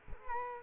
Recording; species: mosquito wingbeat signal from an infrared sensor; Culex quinquefasciatus